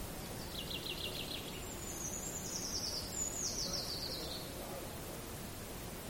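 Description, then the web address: Eurasian treecreeper: a rapid trill, then two thin, descending high trills back to back; constant low rumble underneath. "linnut puukiipija"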